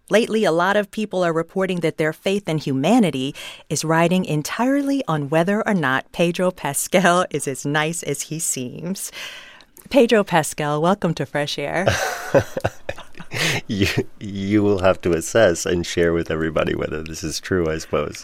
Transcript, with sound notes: Lately, a lot of people are reporting that their faith in humanity is riding entirely on whether or not Pedro Pascal is as nice as he seems. Pedro Pascal, welcome to FRESH AIR.
(LAUGHTER)
You will have to assess and share with everybody whether this is true, I suppose.